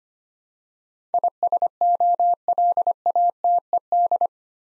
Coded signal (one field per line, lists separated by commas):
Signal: Morse code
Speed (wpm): 25 wpm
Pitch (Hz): 700 Hz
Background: none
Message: ISOLATED